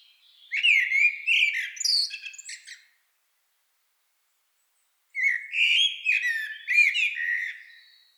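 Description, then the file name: Common blackbird gives two full song phrases separated by a pause, each a mellow warble climbing into buzzy, squeaky high notes. "Turdus merula"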